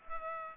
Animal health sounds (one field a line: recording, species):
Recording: mosquito wingbeat signal from an infrared sensor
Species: Culex pipiens